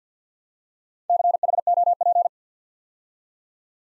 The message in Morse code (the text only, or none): CHOP